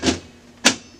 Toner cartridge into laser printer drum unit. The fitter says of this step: now we're going to reinstall the toner into our new drum you'll fill it click into place